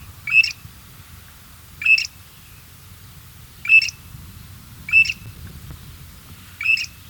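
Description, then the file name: Arabian grey shrike repeating a sharp, squeaky call five times, roughly every one and a half seconds, against quiet low rumbling. Recorded at Oshayqer, Saudi Arabia, on 5 February 2011. "Arabian Grey Shrike Oshayqer Saudi Arabia 05 02 2011 © Abdul Rahman Al-Sirhan"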